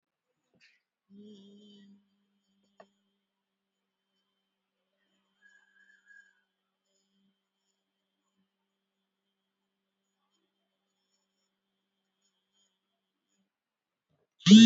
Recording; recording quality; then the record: sustained vowel as in beet; excellent, no background noise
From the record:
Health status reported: exposed to COVID-19, no respiratory illness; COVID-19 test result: not tested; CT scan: not taken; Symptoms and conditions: muscle pain, hypertension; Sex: female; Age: 61 years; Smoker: no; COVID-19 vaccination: one dose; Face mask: worn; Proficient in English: no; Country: India